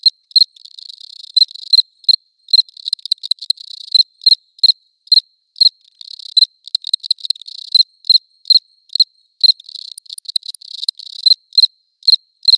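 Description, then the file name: Cricket song: bright chirps repeated steadily over a buzzy background trill, with occasional rapid clusters of pulses. Close recording, León. "Cricket close recording Leon"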